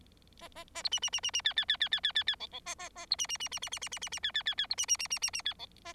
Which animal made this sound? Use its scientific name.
Lonchura striata domestica